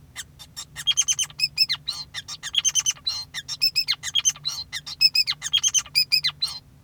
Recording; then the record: song of a male Bengalese finch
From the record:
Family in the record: son of father 5